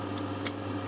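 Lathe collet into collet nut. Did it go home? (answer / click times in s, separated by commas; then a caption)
yes / 0.5 s. A replacement lathe collet is pushed into its collet nut after the used one is taken out, and it snaps into place with a sharp click at 0.5 seconds. A fainter tick comes earlier at 0.2 seconds over a steady low hum. The collet is seated in the nut, ready to be screwed on.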